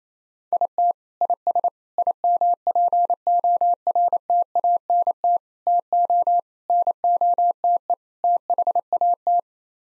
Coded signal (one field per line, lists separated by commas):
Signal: Morse code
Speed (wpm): 27 wpm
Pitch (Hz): 700 Hz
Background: none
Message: IT IS IMPORTANT TO NOTE THAT